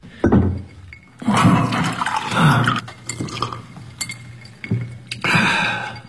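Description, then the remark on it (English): A man gets himself a drink of water: water splashes and gurgles as it is poured into a glass, followed by a few soft clinks of glass and a final rush of pouring, with no voices. “I watched him use getting a drink of water to cover his fury.”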